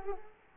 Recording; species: mosquito wingbeat signal from an infrared sensor; Culex quinquefasciatus